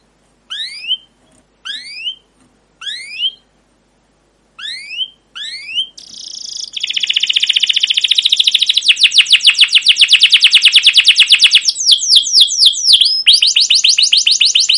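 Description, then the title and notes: Canary utters several separate rising chirps with gaps, then launches into a sustained loud trill of rapid repeated notes. Canary song with "cuit cuit" chirps, used as a lure and tutor recording for training young canaries to sing long and energetically. "CUIT CUIT NGEROL LANGSUNG GACOR PANJANG Kenari Ini AMPUH Utk Pancingan KENAR. PANCINGAN Kenari GACOR PANJANG Cuit CUIT EMOSI ini AMPUH utk MASTERAN Kenari PAUD belajar BUNYI. burung kenari"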